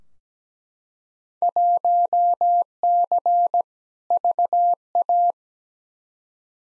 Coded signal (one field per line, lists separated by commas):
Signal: Morse code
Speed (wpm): 17 wpm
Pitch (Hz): 700 Hz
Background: none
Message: 1C VA